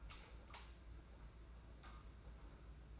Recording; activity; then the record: daily activity, microphone in the room; light on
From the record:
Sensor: 2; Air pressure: 991.8 hPa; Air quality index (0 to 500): 224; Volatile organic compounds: 1000 ppm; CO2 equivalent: 7497 ppm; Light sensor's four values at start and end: 11/26/10/10 and 16/45/18/17